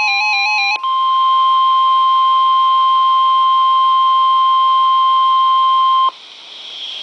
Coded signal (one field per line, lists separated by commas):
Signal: Emergency Alert System (SAME) tones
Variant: 1050 Hz attention tone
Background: music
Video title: Special Marine Warning {EAS #47}